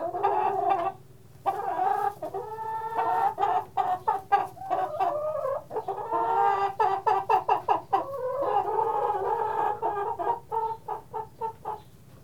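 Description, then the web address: Chickens giving rapid, overlapping clucks and drawn-out cackles, some notes quick and clipped, others longer and wavering, with a constant low droning hum underneath. "Tom's Jerry Apps Winter. chickens"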